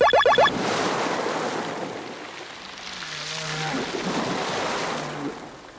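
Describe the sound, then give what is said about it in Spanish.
Ocean waves wash steadily onto the seashore in a continuous, hissing roar that swells and ebbs, with a few brief tonal calls at the start and no talking. “Estamos aquí, al lado del mar.”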